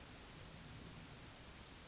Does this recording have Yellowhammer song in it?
no